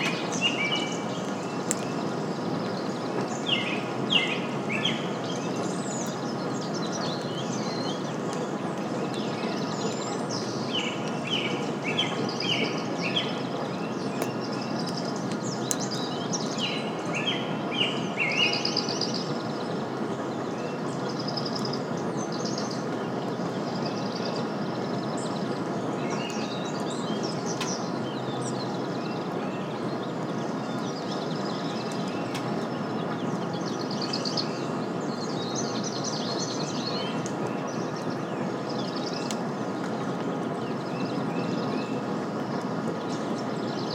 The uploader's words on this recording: Early Morning Rainstorm. It was the tailend of a rainstorm and the wildlife was active. You’ll mostly hear a variety of song birds, the undertones of rolling thunder, and gentle rain blowing through.